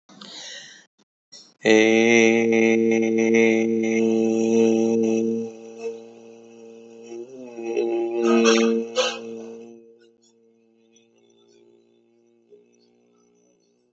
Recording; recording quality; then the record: sustained vowel as in made; excellent, no background noise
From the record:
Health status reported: healthy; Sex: male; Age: 59 years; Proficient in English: yes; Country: India